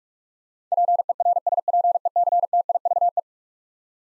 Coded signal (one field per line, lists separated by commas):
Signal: Morse code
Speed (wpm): 42 wpm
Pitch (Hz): 700 Hz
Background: none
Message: PERSPECTIVE